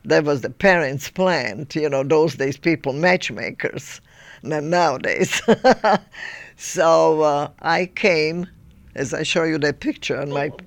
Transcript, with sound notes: That was the parents' plan, you know, those days people matchmakers. Not nowadays. (she laughs) So, I came, as I show you the picture on my...